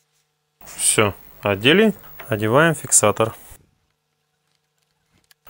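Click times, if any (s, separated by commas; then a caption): 5.3 s. While reassembling the fuser of an HP LaserJet P3015 laser printer during a fuser film replacement for smeared, dirty printing, someone pushes a plastic retainer clip onto the end of the fuser film sleeve assembly. Someone talks from about 0.6 to 3.6 s, then faint handling ticks follow around 4.5 to 5.2 s. The clip seats with a sharp click at 5.3 s.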